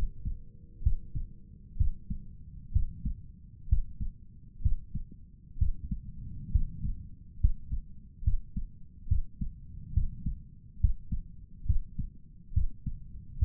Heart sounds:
heart sounds by stethoscope; 67 bpm
0.82 s: heartbeat
1.77 s: heartbeat
2.72 s: heartbeat
3.68 s: heartbeat
4.61 s: heartbeat
5.58 s: heartbeat
6.51 s: heartbeat
7.40 s: heartbeat
8.23 s: heartbeat
9.08 s: heartbeat
9.93 s: heartbeat
10.80 s: heartbeat
11.65 s: heartbeat
12.53 s: heartbeat
13.38 s: heartbeat
From the record:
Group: healthy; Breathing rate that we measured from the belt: 17 breaths a minute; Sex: male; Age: 35 years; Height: 178 cm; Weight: 64 kg

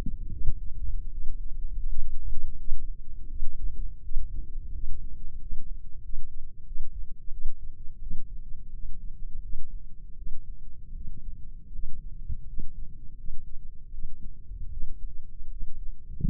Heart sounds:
heart sounds by microphone in the left ear; 83 bpm
0.30 s: heartbeat
1.10 s: heartbeat
1.85 s: heartbeat
2.56 s: heartbeat
3.27 s: heartbeat
4.00 s: heartbeat
4.71 s: heartbeat
5.38 s: heartbeat
6.01 s: heartbeat
6.64 s: heartbeat
7.29 s: heartbeat
7.98 s: heartbeat
8.70 s: heartbeat
9.40 s: heartbeat
10.14 s: heartbeat
10.92 s: heartbeat
11.70 s: heartbeat
12.44 s: heartbeat
13.15 s: heartbeat
13.90 s: heartbeat
14.69 s: heartbeat
15.48 s: heartbeat
16.21 s: heartbeat
From the record:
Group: healthy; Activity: rest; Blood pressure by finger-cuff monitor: 120/73 mmHg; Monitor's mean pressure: 92 mmHg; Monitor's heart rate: 82 bpm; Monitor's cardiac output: 7.1 L/min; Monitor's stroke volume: 83 mL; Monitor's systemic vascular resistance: 940 dyn s/cm5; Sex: female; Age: 24 years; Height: 163 cm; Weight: 55.7 kg

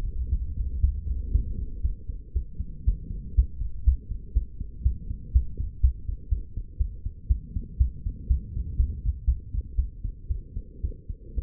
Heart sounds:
heart sounds by stethoscope; 119 bpm
0.30 s: heartbeat
0.81 s: heartbeat
1.32 s: heartbeat
1.83 s: heartbeat
2.34 s: heartbeat
2.85 s: heartbeat
3.36 s: heartbeat
3.85 s: heartbeat
4.34 s: heartbeat
4.84 s: heartbeat
5.33 s: heartbeat
5.82 s: heartbeat
6.30 s: heartbeat
6.78 s: heartbeat
7.28 s: heartbeat
7.78 s: heartbeat
8.28 s: heartbeat
8.77 s: heartbeat
9.26 s: heartbeat
9.76 s: heartbeat
10.29 s: heartbeat
10.82 s: heartbeat
11.36 s: heartbeat
From the record:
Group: healthy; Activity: light exercise 0-2 s, rest 2-12 s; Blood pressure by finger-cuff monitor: 133/103 mmHg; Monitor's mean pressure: 115 mmHg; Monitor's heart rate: 121 bpm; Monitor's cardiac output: 7.8 L/min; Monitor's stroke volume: 65 mL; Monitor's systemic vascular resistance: 1080 dyn s/cm5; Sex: female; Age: 22 years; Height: 161 cm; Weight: 65.5 kg

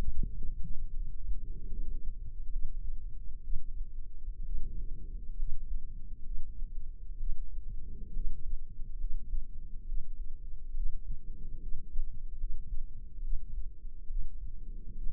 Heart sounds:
heart sounds by microphone in the left ear; 69 bpm
0.18 s: heartbeat
0.90 s: heartbeat
1.67 s: heartbeat
2.48 s: heartbeat
3.39 s: heartbeat
4.41 s: heartbeat
5.34 s: heartbeat
6.21 s: heartbeat
7.15 s: heartbeat
8.11 s: heartbeat
8.96 s: heartbeat
9.83 s: heartbeat
10.71 s: heartbeat
11.57 s: heartbeat
12.36 s: heartbeat
13.19 s: heartbeat
14.05 s: heartbeat
14.93 s: heartbeat
From the record:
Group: healthy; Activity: rest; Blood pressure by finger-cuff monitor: 112/75 mmHg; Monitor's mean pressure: 91 mmHg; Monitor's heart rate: 70 bpm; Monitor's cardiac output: 6.3 L/min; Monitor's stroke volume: 95 mL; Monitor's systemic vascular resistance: 1050 dyn s/cm5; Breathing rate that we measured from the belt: 18 breaths a minute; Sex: female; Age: 23 years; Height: 160 cm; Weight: 50.4 kg

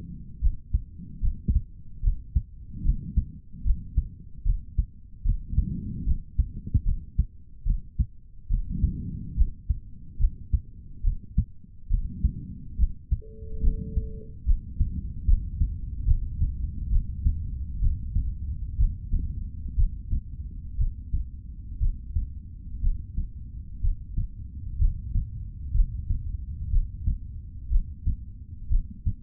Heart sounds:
heart sounds by stethoscope; 68 bpm
0.40 s: heartbeat
1.21 s: heartbeat
2.01 s: heartbeat
2.83 s: heartbeat
3.64 s: heartbeat
4.44 s: heartbeat
5.24 s: heartbeat
6.05 s: heartbeat
6.84 s: heartbeat
7.64 s: heartbeat
8.49 s: heartbeat
9.35 s: heartbeat
10.18 s: heartbeat
11.02 s: heartbeat
11.89 s: heartbeat
12.77 s: heartbeat
13.61 s: heartbeat
14.44 s: heartbeat
15.25 s: heartbeat
16.05 s: heartbeat
16.89 s: heartbeat
17.79 s: heartbeat
18.76 s: heartbeat
19.75 s: heartbeat
20.77 s: heartbeat
21.79 s: heartbeat
22.81 s: heartbeat
23.80 s: heartbeat
24.78 s: heartbeat
25.73 s: heartbeat
26.70 s: heartbeat
27.69 s: heartbeat
28.68 s: heartbeat
From the record:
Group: healthy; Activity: rest 0-13 s, breath hold 13-29 s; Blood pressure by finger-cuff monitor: 128/74 mmHg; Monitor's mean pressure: 91 mmHg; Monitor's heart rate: 71 bpm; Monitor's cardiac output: 4.1 L/min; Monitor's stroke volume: 58 mL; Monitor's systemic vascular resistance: 1710 dyn s/cm5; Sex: male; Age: 55 years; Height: 167 cm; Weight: 57.2 kg

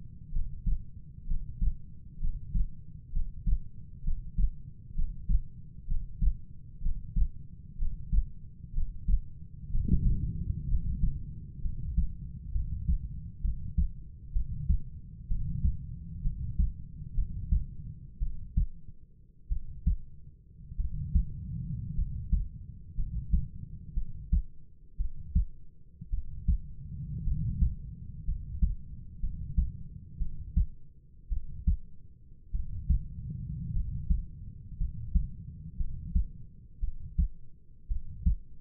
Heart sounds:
heart sounds by stethoscope; 59 bpm
0.31 s: heartbeat
1.26 s: heartbeat
2.19 s: heartbeat
3.12 s: heartbeat
4.03 s: heartbeat
4.94 s: heartbeat
5.87 s: heartbeat
6.81 s: heartbeat
7.77 s: heartbeat
8.73 s: heartbeat
9.70 s: heartbeat
10.68 s: heartbeat
11.61 s: heartbeat
12.52 s: heartbeat
13.41 s: heartbeat
14.33 s: heartbeat
15.27 s: heartbeat
16.22 s: heartbeat
17.14 s: heartbeat
18.19 s: heartbeat
19.49 s: heartbeat
20.77 s: heartbeat
21.95 s: heartbeat
22.95 s: heartbeat
23.94 s: heartbeat
24.97 s: heartbeat
26.10 s: heartbeat
27.24 s: heartbeat
28.25 s: heartbeat
29.20 s: heartbeat
30.18 s: heartbeat
31.29 s: heartbeat
32.51 s: heartbeat
33.73 s: heartbeat
34.77 s: heartbeat
35.77 s: heartbeat
36.80 s: heartbeat
37.88 s: heartbeat
From the record:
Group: healthy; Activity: breath hold 0-11 s, rest 11-39 s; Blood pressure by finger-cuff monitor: 101/53 mmHg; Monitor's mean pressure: 65 mmHg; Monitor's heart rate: 62 bpm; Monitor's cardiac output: 5.1 L/min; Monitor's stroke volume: 82 mL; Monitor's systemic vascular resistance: 900 dyn s/cm5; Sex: male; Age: 25 years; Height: 170 cm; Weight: 70.4 kg

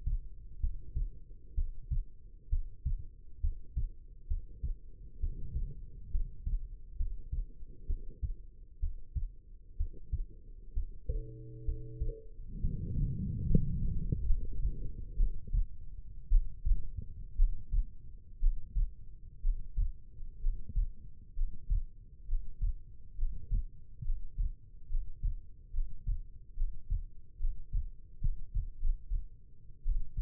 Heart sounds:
heart sounds by stethoscope; 66 bpm
0.60 s: heartbeat
1.54 s: heartbeat
2.49 s: heartbeat
3.40 s: heartbeat
4.27 s: heartbeat
5.19 s: heartbeat
6.10 s: heartbeat
6.96 s: heartbeat
7.86 s: heartbeat
8.79 s: heartbeat
9.76 s: heartbeat
10.73 s: heartbeat
11.65 s: heartbeat
12.60 s: heartbeat
13.46 s: heartbeat
14.25 s: heartbeat
15.16 s: heartbeat
16.29 s: heartbeat
17.36 s: heartbeat
18.39 s: heartbeat
19.41 s: heartbeat
20.41 s: heartbeat
21.35 s: heartbeat
22.27 s: heartbeat
23.16 s: heartbeat
24.03 s: heartbeat
24.88 s: heartbeat
25.72 s: heartbeat
26.55 s: heartbeat
27.38 s: heartbeat
28.20 s: heartbeat
28.78 s: heartbeat
29.84 s: heartbeat
From the record:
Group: healthy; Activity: rest 0-12 s, breath hold 12-30 s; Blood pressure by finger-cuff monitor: 102/67 mmHg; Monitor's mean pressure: 78 mmHg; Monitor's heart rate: 65 bpm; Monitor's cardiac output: 5.2 L/min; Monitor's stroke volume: 79 mL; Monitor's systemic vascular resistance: 1080 dyn s/cm5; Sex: female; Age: 22 years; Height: 171 cm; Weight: 65.6 kg

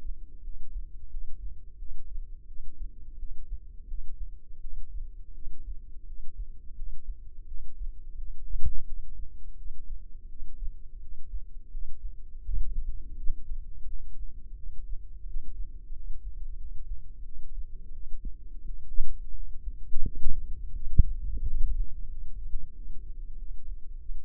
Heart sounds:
heart sounds by microphone in the left ear; 87 bpm
0.41 s: heartbeat
1.08 s: heartbeat
1.76 s: heartbeat
2.45 s: heartbeat
3.16 s: heartbeat
3.85 s: heartbeat
4.59 s: heartbeat
5.32 s: heartbeat
6.04 s: heartbeat
6.73 s: heartbeat
7.45 s: heartbeat
8.15 s: heartbeat
8.84 s: heartbeat
9.55 s: heartbeat
10.27 s: heartbeat
10.98 s: heartbeat
11.69 s: heartbeat
12.42 s: heartbeat
13.14 s: heartbeat
13.84 s: heartbeat
14.54 s: heartbeat
15.23 s: heartbeat
15.91 s: heartbeat
16.55 s: heartbeat
17.22 s: heartbeat
17.90 s: heartbeat
18.62 s: heartbeat
19.32 s: heartbeat
20.01 s: heartbeat
20.72 s: heartbeat
21.40 s: heartbeat
22.07 s: heartbeat
22.72 s: heartbeat
23.35 s: heartbeat
23.96 s: heartbeat
From the record:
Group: healthy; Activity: rest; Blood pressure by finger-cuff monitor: 75/56 mmHg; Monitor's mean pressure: 63 mmHg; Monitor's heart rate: 87 bpm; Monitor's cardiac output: 6.3 L/min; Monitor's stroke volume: 74 mL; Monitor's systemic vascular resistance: 690 dyn s/cm5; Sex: female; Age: 19 years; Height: 163 cm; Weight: 48.9 kg

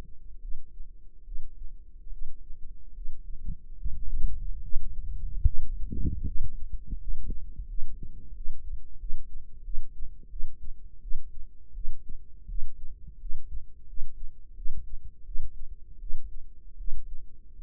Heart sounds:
heart sounds by microphone in the right ear; 80 bpm
0.39 s: heartbeat
1.23 s: heartbeat
2.09 s: heartbeat
2.92 s: heartbeat
3.75 s: heartbeat
4.59 s: heartbeat
5.42 s: heartbeat
6.23 s: heartbeat
6.96 s: heartbeat
7.65 s: heartbeat
8.32 s: heartbeat
8.97 s: heartbeat
9.62 s: heartbeat
10.28 s: heartbeat
10.99 s: heartbeat
11.72 s: heartbeat
12.46 s: heartbeat
13.17 s: heartbeat
13.85 s: heartbeat
14.54 s: heartbeat
15.23 s: heartbeat
15.98 s: heartbeat
16.76 s: heartbeat
17.54 s: heartbeat
From the record:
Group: healthy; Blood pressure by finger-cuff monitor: 93/62 mmHg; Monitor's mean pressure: 71 mmHg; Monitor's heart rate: 73 bpm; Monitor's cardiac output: 5.6 L/min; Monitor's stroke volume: 76 mL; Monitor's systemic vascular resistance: 920 dyn s/cm5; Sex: female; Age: 19 years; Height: 163 cm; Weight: 51 kg

